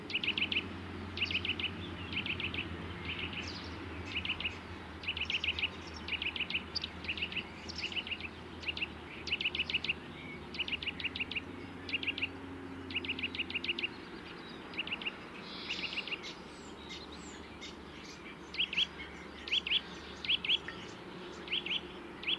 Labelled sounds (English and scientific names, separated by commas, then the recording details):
Eurasian Nuthatch (Sitta europaea) song
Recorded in the wild
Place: Oberstdorf, Bayern, DE
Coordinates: 47.4099, 10.2798
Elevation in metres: 809
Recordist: Tretzel, Erwin